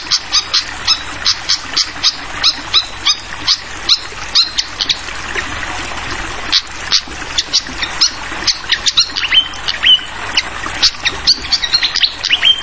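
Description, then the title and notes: Fantail chirping rapidly in sharp, clicky high notes, with a few whistled notes near the end and steady flowing water behind. Clear-voiced song mixed with the sound of trickling water, used for tutoring songbirds (masteran). "Masteran Sikatan Kipas Suara Jernih Dan Suara Gemericik Air. Suara Burung Sikatan Londo"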